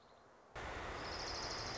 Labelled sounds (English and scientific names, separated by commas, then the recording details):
Orange-crowned Warbler (Leiothlypis celata)
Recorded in Sonoma County, California